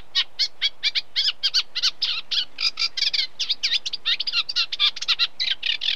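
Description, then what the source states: Eurasian Reed Warbler song: dense, rhythmic chatter of harsh chirps and buzzy notes, delivered continuously with slight variations and repeated phrases. Unmated male singing.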